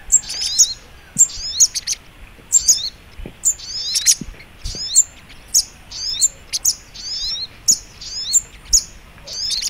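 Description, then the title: Little Spiderhunter twittering in quick, high, zigzag phrases, repeated many times with brief pauses and scattered light clicks. Masteran (training song) of sogok ontong in the labaik song style. "Masteran Burung Sogok Ontong Labaik"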